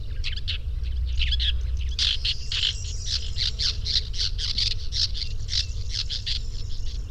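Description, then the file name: Woodchat shrike giving a rapid series of harsh, scratchy chattering notes, repeated steadily for several seconds, with a low rumble of background noise. "woodchat-shrike-2-omkicau"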